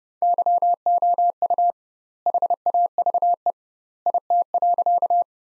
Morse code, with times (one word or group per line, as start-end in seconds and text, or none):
0.2-1.7 YOU
2.3-3.5 HAVE
4.1-5.2 IT.